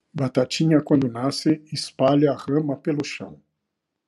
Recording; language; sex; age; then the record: short text; Brazilian Portuguese; male; 60 to 69 years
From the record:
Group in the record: control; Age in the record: 63 years